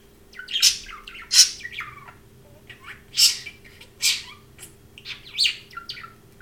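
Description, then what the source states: Parrot chattering in loud, harsh squeaky bursts every second or two, with softer warbling notes between them and a steady faint hum. Domestic pet parrot, chirping and talking.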